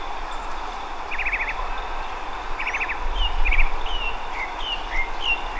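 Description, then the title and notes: Tropical mockingbird delivering rapid trilled bursts, then a run of separate slurred whistles, with a continuous low hum and a swelling rumble underneath. Estación de la Sábana, Bogotá, Colombia, October 2024, morning; recorded during a bird inventory with a Zoom H5 recorder; local names Mirla Blanca or Sinsonte. "la Mirla Blanca o Sinsonte (Mimus gilvus) en la Estación de la Sábana, Bogotá, octubre del año 2024. La grabación fue hecha en horas de la mañana, en compañía del biologo David Ricardo Caro"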